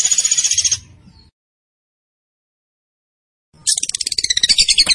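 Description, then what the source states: Zebra finch song: two bursts of rapid, high, buzzy repeated notes, one at the start and one near the end, separated by about two and a half seconds of silence. Master recording used for training cage birds; bird described as gacor, singing vigorously.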